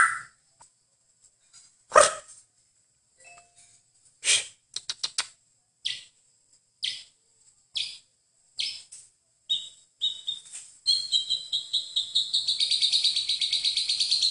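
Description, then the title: Bird song, scattered sharp clicks and short high notes with pauses, ending in a steady rapid series of buzzy high chirps. "KICAU BURUNG"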